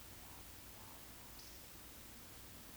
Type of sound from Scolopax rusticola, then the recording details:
whistle, croak. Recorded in Baden-Württemberg, Germany, on 16 June 2021 at 20:04 UTC. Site 20675, 466 m above sea level